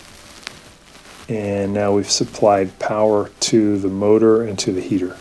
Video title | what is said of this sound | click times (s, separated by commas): ✨ BOSCH DISHWASHER - E 09 ERROR - Fix It Yourself and Save $$$ ✨ | put the red one back in just push it in all the way till it clicks and now | 0.5 s